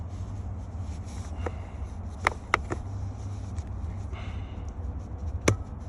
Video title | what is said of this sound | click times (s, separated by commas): How to install a Jalisco Carbon fiber steering wheel on a 2017+ Q50/Q60. @jaliscoscarbonfiber | there you go you hear that click | 5.5 s